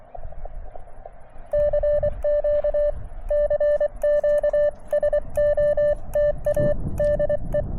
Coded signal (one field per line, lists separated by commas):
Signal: Morse code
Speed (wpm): 24 wpm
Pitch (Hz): 590 Hz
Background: none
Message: CQ CQ SOTA DE